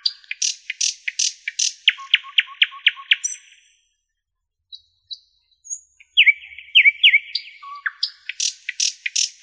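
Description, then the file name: Nightingale song: rapid repeated notes, a pause, then descending whistled slurs and sharp high chips in quick succession. "solovey"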